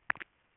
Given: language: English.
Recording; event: throat vibration sensor signal played as sound; swallow